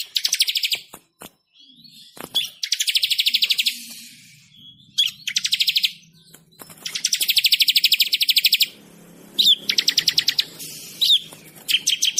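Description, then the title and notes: Bird singing long runs of rapid, high trilled chirps, phrases repeating after short pauses, with occasional sharp clicks. Bird with a melodious voice. "Burung Dengan Suara Merdu"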